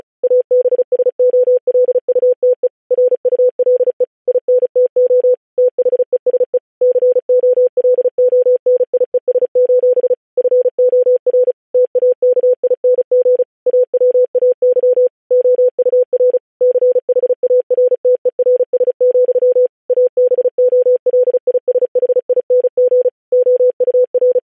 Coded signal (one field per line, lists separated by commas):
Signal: Morse code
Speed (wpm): 36 wpm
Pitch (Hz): 500 Hz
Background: none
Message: ABSOLUTE RULE INTO THESE COLONIES: FOR TAKING AWAY OUR CHARTERS, ABOLISHING OUR